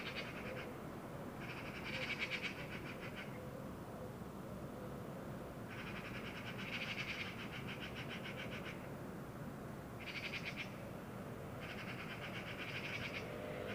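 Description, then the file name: Eurasian magpie repeatedly rattling in dry, machine-gun chatters, several bursts spread throughout, with a continuous low rumble underneath. "Pica pica"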